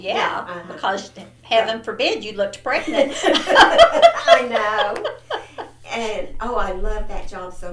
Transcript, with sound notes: Yeah! Because heaven forbid you looked pregnant!
(Laughter) I know! And oh I loved that job so much.